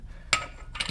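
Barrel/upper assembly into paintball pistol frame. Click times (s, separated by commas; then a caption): 0.3 s. During reassembly of a First Strike Compact (FSC) paintball pistol, the upper/barrel assembly is dropped into line and pushed home into the pistol frame, snapping into position with a sharp, bright click at 0.3 s. A few quieter metallic clicks and rattles follow around 0.8 to 1.0 s. The upper is seated correctly.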